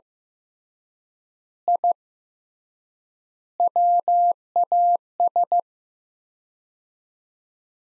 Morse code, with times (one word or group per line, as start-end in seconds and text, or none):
1.7-1.9 I
3.6-5.6 WAS